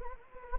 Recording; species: mosquito wingbeat signal from an infrared sensor; Anopheles gambiae